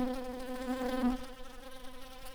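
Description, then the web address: Shrill carder bee worker buzzing: a steady, harmonic-rich drone held at one pitch throughout, swelling slightly near the middle before easing off. "Sylvarum workers"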